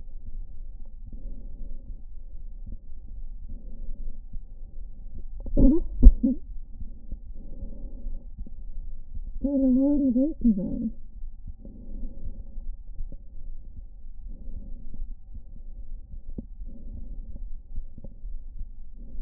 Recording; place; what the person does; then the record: lung sounds by stethoscope; right anterior apical chest; quiet breathing, then cough and speech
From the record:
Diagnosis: interstitial lung disease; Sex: female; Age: 61 years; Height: 155 cm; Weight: 75.5 kg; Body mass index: 31.4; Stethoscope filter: diaphragm mode